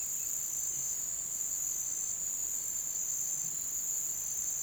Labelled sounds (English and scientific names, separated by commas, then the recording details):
none
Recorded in pastures near Puerto Asís, Putumayo, Colombia, on 30 June 2025 at 09:00
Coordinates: 0.486, -76.323
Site H29